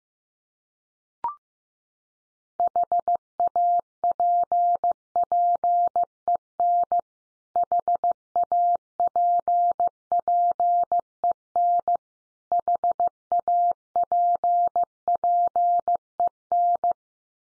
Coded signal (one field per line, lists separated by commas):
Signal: Morse code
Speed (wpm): 15 wpm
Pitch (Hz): 700 Hz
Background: none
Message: HAPPEN HAPPEN HAPPEN